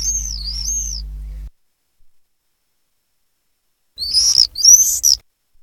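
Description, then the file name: Common swift calls, a wavering shrill trill, then silence, then two loud buzzy screams near the end. "apus apus"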